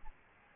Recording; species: mosquito wingbeat signal from an infrared sensor; Aedes albopictus